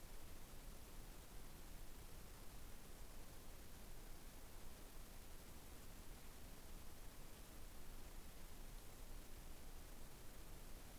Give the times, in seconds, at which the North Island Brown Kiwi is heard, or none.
none